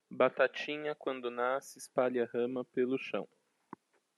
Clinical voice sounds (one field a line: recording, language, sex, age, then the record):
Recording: short text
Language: Brazilian Portuguese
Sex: male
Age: 30 to 39 years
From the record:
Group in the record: control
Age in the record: 35 years